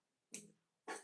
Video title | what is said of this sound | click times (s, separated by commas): Make Art With Me 2.12.26 #coworking #creative #STEAM | now I got it snapped back in. | 0.3 s